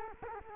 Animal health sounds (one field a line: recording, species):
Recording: mosquito wingbeat signal from an infrared sensor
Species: Culex quinquefasciatus